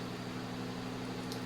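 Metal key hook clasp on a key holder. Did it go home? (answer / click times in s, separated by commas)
yes / 1.3 s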